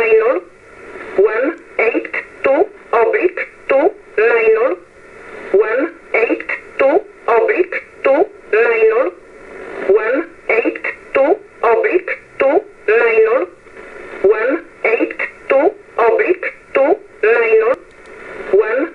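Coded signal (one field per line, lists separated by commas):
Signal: numbers station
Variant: E11 Oblique, English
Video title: 15 08 2022 Numbers Station E11 Oblique in English to Eu 0830 on 15720 Warsaw in USB mode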